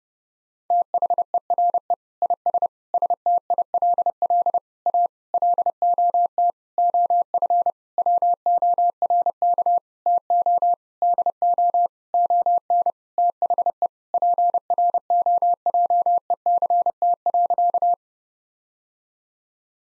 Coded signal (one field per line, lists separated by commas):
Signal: Morse code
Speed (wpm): 30 wpm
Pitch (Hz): 700 Hz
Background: none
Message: THERE IS STILL A LOT OF WORK TO DO ON THE PROJECT.